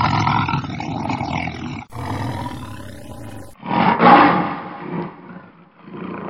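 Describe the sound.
Lion roaring in deep, rough bursts that swell and fade, with a louder surge of growling near the middle before trailing off into lower rumbles.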